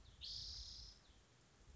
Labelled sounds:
Spotted Towhee (Pipilo maculatus)

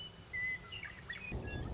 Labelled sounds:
Western Meadowlark (Sturnella neglecta)

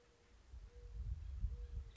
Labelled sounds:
Mourning Dove (Zenaida macroura)

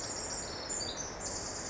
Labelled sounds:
Pacific Wren (Troglodytes pacificus)

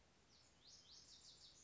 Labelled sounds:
Lazuli Bunting (Passerina amoena)

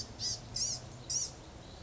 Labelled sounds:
Blue-gray Gnatcatcher (Polioptila caerulea)

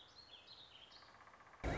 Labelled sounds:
Warbling Vireo (Vireo gilvus)

